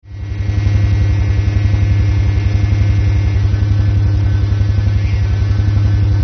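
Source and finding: Device, simulated sound. Tinnitus simulation (low-frequency rumble).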